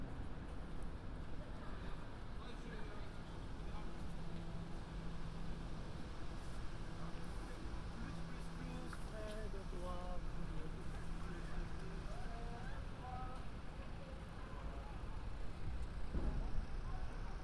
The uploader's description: a walk around London, new years eve